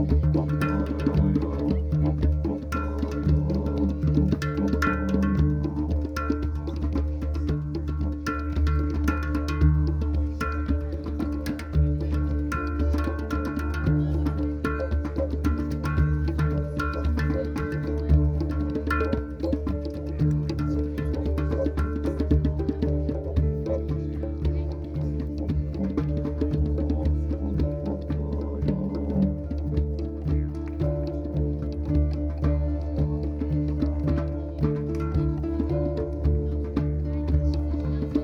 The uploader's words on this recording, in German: Ohrenblick: Harfe, Hang und Didgeridoo. Aufgenommen mit einem 3D-Mikrofon. Um die Feuerschale sitzen eine Harfe, ein Hang und ein Didgeridoo. Im Hintergrund hört man das Hämmern der Schmiede.